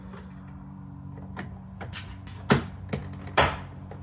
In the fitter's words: Just snaps in, super simple.